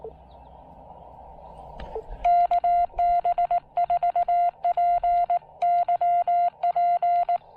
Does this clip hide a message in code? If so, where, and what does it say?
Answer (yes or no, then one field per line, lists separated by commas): yes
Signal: Morse code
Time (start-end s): 2.2-7.4 s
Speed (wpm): 18 wpm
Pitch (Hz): 690 Hz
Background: none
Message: KB4PYP